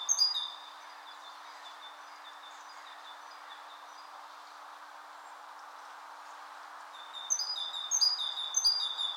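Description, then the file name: Great tit giving short high ringing notes at the very start, then a long quiet pause, then a renewed run of rapid repeated two-note phrases near the end. "Parus major"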